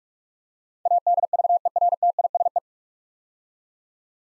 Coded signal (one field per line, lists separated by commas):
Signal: Morse code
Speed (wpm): 44 wpm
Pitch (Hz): 700 Hz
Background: none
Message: ADVERTISE